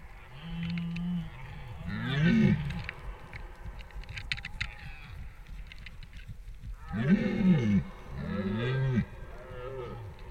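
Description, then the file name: Deer calls: drawn-out low moaning bellows with rich harmonics, two bouts separated by a quieter gap with rustling and faint clicks. "ciervos"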